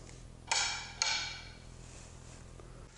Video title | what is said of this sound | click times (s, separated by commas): Live Edge Joinery for Cabinet Doors | them closed where magnets on the touch latches hold them in place with a subtle positive click and | 1.0 s